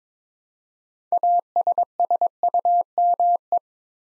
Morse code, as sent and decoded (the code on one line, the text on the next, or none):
.- ... ... ..- -- .
ASSUME